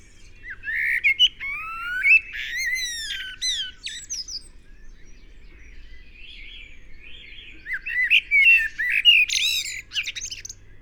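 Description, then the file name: Eurasian blackbird singing two phrases: a fluty warbled opening sliding up and down, then bursts of thin, high, squeaky notes, with a quiet gap in between. "Turdus merula"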